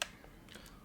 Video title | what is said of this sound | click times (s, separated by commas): Minolta SRT Super Review with MD 50mm F1.4 (Sample Images) | until you hear a click | 0.0 s